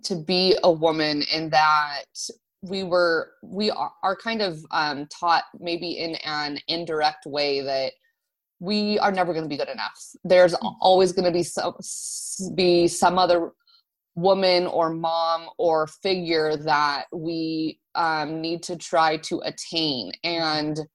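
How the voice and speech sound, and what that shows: Adult woman speaking with drawn-out sounds, a repeated 'we' and hesitations: mild stuttering. She is an adult woman who stutters; vowels have always been difficult for her, and stuttering runs in her family.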